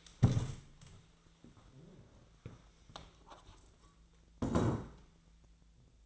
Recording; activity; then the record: daily activity, microphone in the room; stand up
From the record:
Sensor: 3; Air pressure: 1000.4 hPa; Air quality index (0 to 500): 172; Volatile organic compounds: 3 ppm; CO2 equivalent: 1490 ppm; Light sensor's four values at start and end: 14/32/14/14 and 13/31/13/14